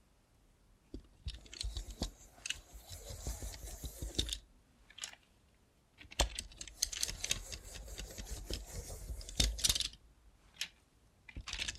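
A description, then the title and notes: Crisp scratching and snipping of a robot hand in bursts, around one to four seconds and six to ten seconds, separated by brief silences. Try ASMR with a Robot Hand (No Talking).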